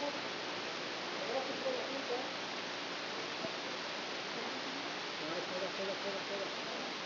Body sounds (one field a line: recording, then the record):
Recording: brain microelectrode recording played as sound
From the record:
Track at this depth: inside the subthalamic nucleus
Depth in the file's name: 0.04 mm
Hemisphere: right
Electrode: 3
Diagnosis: Parkinson's disease